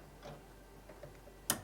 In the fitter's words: make sure there it's nice and secure you should hear click and you do